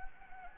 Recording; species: mosquito wingbeat signal from an infrared sensor; Anopheles gambiae